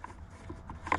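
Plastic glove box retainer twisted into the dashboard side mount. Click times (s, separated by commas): 0.9 s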